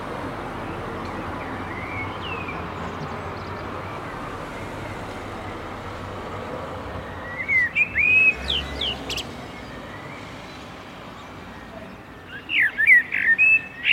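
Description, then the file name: Common blackbird song: two bursts of fluted warbles with squeaky notes, the first midway through and the second near the end, over a steady hum of traffic. "Turdus merula"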